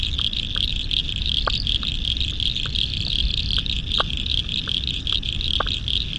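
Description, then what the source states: Frog chorus with a continuous pulsing high trill, occasional sharp clicks, and a steady low rumble. Spring frog chorus at dusk beside the South Pacific Ocean, Royal National Park, Australia, November 2015.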